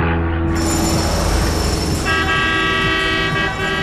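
A loud, sustained truck horn blares over the low rumble of a heavy engine, its steady tone shifting to a second, brighter horn blast partway through.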